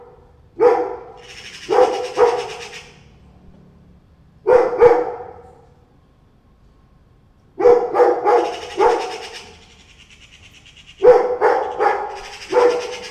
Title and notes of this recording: 2 cats, 2 magpies and a dog. Two cats meowing each other and two magpies and a dog concern about them.